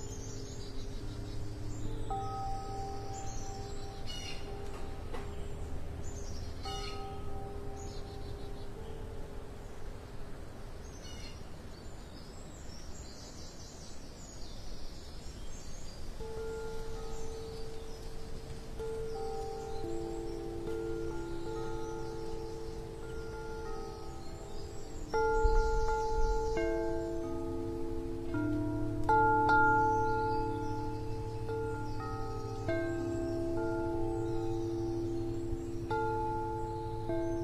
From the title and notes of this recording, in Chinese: 白噪音 中国风 晨间钟声。清晨编钟。